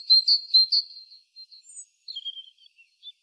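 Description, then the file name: Great tit calls: a few sharp high chirps at first, then softer thin notes with pauses between. "Parus major"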